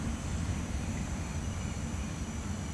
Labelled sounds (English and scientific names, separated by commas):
none